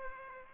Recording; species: mosquito wingbeat signal from an infrared sensor; Aedes aegypti